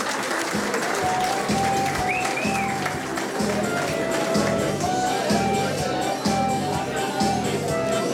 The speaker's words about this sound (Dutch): Los en Canta Cantar. Wij houden van zingen. Applaus.